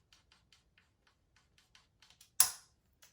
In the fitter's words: and sliding the leg on until it snaps into place